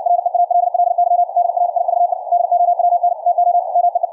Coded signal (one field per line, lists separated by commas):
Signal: Morse code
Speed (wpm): 64 wpm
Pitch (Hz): 700 Hz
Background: radio noise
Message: REALLY DRIVE DOWN TO MEE